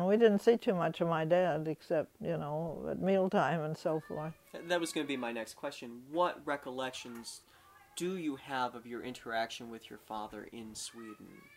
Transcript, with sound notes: We didn't see too much of my dad except, you know, at mealtime and so forth. (children's voices can be heard in the background)
That was going to be my next question. What recollections do you have of your interaction with your father in Sweden?